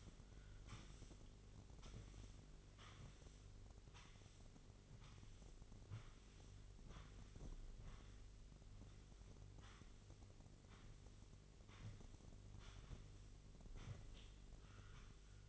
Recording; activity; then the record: daily activity, microphone in the room; sweep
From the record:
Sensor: 4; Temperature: 27.9 degrees Celsius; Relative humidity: 34.3%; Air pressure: 1002.4 hPa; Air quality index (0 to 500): 216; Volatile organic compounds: 12 ppm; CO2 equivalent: 2330 ppm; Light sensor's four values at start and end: 19/68/25/25 and 19/69/25/25